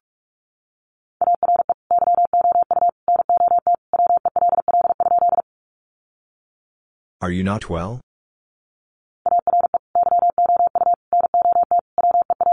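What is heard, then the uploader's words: Morse code beeps at one steady pitch, a mid-high tone keyed in quick dots and longer dashes, grouped into bursts from about 1 to 5.5 seconds and again from 9 seconds to the end. Around 7 to 8 seconds a brief garbled, warbling burst interrupts the silence. Sentences from Top 600 Words 45wpm. First, the words are sent in Morse code.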